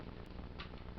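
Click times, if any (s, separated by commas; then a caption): none. A plastic toy piece is pushed at a 45-degree angle into a combining robot toy, giving only faint handling ticks around 0.6 s and 1.0 s. The part fails to snap in when turned, and nothing has seated or clicked.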